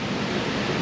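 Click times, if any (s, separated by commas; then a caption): none. A spark plug wire boot coated with dielectric grease is reached down through a hole and pushed over the spark plug terminal on an OBS Ford 5.0 F150 whose spark plug blew out. Only steady, broadband rushing noise is heard, with no sharp sounds. The boot has not clicked or seated onto the plug yet.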